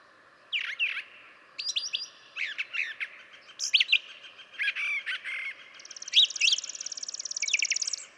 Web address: birdsongforthecurious Brown Thrasher